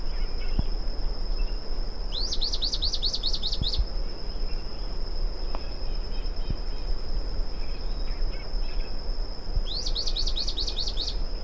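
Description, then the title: Bran-colored flycatcher delivering two quick bursts of repeated chevron-shaped squeaky notes, about seven seconds apart, with a continuous high-pitched insect drone throughout. "LuckyPassaro Completos2Sama. Bran-colored Flycatcher (Myiophobus fasciatus)"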